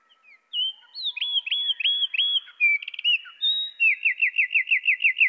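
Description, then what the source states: Eurasian wren song, lowered in pitch: a string of varied whistles and hooked notes, a brief buzz, then a fast trill of repeated slurred notes. Pitched down one octave.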